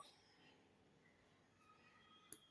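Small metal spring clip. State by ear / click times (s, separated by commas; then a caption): seated / 2.3 s. After the glued rose on it has dried, a metal snap hair clip on its back is pressed closed. A sharp, short click sounds at 2.3 s over a quiet background as the clip locks shut.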